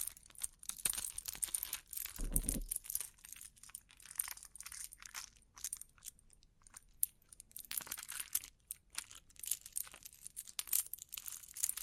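Bling bling triggers: dense, bright clinking and crinkly rustling, like jewelry or small metal pieces being handled, continue through the whole stretch. A heavier thud lands at about two seconds, and the clatter thins briefly around six seconds before picking back up.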